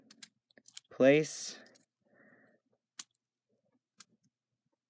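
A plastic K'Nex construction-toy part is handled and pushed toward its place on a two-cylinder blower motor assembly, giving a string of light plastic ticks and taps in the first second and two sharper ticks near 3.0 s and 4.0 s. Someone talks briefly around one second in. Nothing has seated or clicked into place yet.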